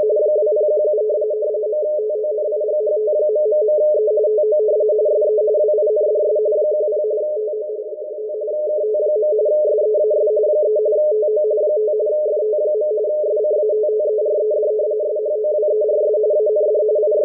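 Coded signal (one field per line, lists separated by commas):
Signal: RTTY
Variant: 45 baud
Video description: Using a WebSDR and FLDIGI in RTTY-45 mode to decode the WLO marine weather report for the Caribbean and Atlantic waters.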